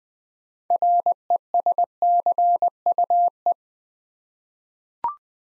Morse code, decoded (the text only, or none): RESCUE